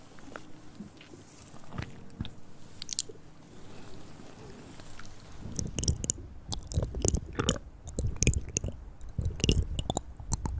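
Mouth sounds like chewing and biting, sparse and soft at first, then from about five seconds dense, wet crunchy bursts come rapidly.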